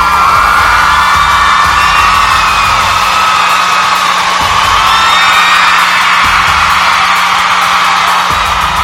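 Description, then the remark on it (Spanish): A large crowd cheers and whoops in a sustained ovation for the listeners and family of Radio Anime Nexus on its 13th anniversary, loud and continuous, with high shouts and whistles rising over a dense roar for several seconds. “Así es, y por supuesto, una ovación para ustedes, mis queridos Ram, ¿escuchas?”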